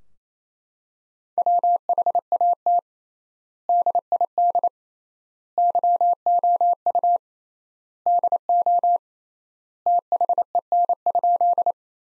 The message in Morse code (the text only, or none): WHAT DID YOU DO THEN?